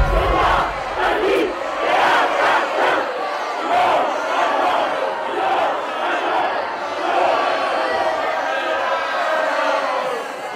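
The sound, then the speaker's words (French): A large crowd in a town festival hall shouts, boos and jeers continuously at the announcement of an election result, a dense wash of overlapping angry voices with occasional sharper yells rising above the steady roar. “Dans la salle des fêtes, dès l'annonce, c'est son nom que l'on fustige.”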